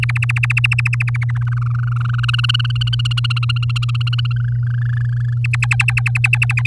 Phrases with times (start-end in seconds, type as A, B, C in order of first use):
0.02-1.31 A, 1.35-2.20 B, 2.23-4.33 C, 4.36-5.38 D, 5.44-6.67 E